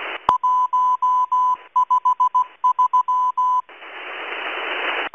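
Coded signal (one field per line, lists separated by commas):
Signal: Morse code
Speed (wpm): 16 wpm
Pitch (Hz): 1000 Hz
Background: none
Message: 153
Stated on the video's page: Russian Morse numbers station M12 on 11144 kHz using cut zero, received on an online WebSDR.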